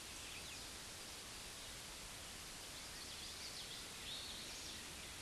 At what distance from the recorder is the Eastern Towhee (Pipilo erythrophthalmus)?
about 45 m